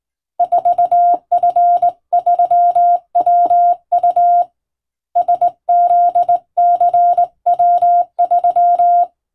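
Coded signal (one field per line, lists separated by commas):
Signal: Morse code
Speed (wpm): 20 wpm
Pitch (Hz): 700 Hz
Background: none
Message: 4F3WU SZCW3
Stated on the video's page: Morse radio telegram in European-language code groups, sent with a vertical straight key, as receiving practice in the style of ship-to-coast-station telegraphy.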